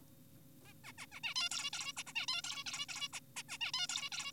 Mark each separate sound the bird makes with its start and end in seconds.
0.65-0.73, 0.84-0.93, 0.98-1.06, 1.12-1.20, 1.24-1.34, 1.36-1.49, 1.51-1.71, 1.73-1.93, 1.97-2.04, 2.07-2.13, 2.16-2.26, 2.28-2.42, 2.44-2.64, 2.66-2.86, 2.89-3.08, 3.14-3.20, 3.37-3.43, 3.49-3.58, 3.61-3.72, 3.74-3.87, 3.89-4.09, 4.12-4.32